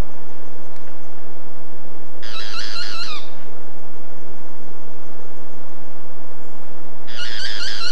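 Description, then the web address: Boat-billed flycatcher utters two grating, buzzy bursts about five seconds apart, the first about a second long and the second cut off at the end, against a steady hiss. "cantos pitangua"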